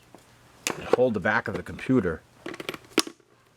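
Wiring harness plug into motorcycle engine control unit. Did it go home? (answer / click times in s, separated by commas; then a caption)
yes / 3.0 s. A wiring harness plug is pushed onto the engine control unit of a BMW K75S motorcycle while the back of the unit is held, and someone talks throughout. A few light clicks and rattles come around 2.5–2.7 s, then the plug seats with a sharp click at 3.0 s. That click confirms the connection, since without it the engine would eventually stop.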